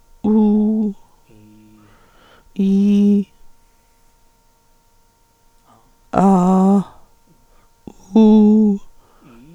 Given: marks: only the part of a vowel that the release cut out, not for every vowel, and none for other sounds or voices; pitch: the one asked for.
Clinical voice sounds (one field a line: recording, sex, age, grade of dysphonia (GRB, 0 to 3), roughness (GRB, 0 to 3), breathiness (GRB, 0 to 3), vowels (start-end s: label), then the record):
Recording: sustained vowels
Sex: female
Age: 60 to 69 years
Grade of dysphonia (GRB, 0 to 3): 3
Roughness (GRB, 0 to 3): 3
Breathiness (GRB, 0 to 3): 0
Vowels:
0.28-0.85 s: vowel /u/, high pitch
2.63-3.18 s: vowel /i/, low pitch
6.21-6.77 s: vowel /a/, low pitch
8.18-8.70 s: vowel /u/, low pitch
From the record:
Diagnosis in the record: hyperfunctional dysphonia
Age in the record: 66 years